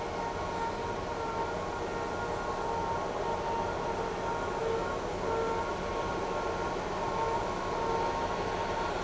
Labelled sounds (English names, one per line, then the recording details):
none
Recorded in shrubland near Pivijay, Magdalena, Colombia, on 16 April 2023 at 18:00
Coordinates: 10.453, -74.365
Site P5-G022